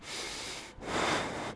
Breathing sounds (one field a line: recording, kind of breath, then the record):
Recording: one breath in and out by a microphone near the nose and mouth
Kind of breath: strong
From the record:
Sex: male